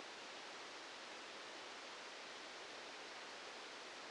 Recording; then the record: brain microelectrode recording played as sound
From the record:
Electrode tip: outside the subthalamic nucleus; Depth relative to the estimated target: -4 mm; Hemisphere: right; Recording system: NeuroSet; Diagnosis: Parkinson's disease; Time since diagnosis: 8 years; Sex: male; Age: 65 years